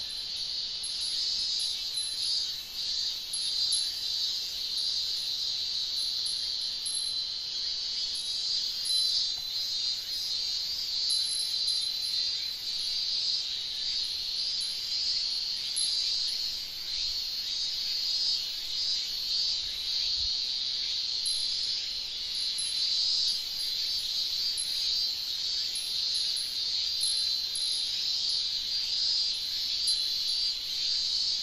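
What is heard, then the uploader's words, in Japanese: Cicadas drone in a thick, unbroken chorus, a bright, buzzing hiss that holds steady at the same level for the full half-minute. A thin, very high shimmer with faint pulses rides above it throughout, and nothing else stands out beneath the insects. ホワイトノイズよりの音となります。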